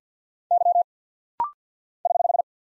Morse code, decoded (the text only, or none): Y <HH>